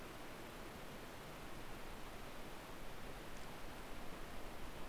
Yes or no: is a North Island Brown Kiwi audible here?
no